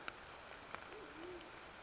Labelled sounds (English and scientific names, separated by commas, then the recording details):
Band-tailed Pigeon (Patagioenas fasciata)
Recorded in Sonoma County, California